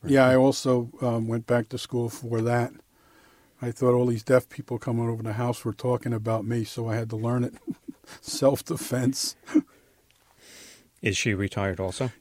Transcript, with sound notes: Yeah, I also went back to school for that. I thought all these deaf people coming over the house were talking about me, so I had to learn it. (Laughs) Self-defense.
Is she retired also?